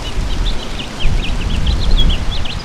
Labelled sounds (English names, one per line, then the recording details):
House Finch song
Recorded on Long Island, New York, on 31 May 2012
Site BP
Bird A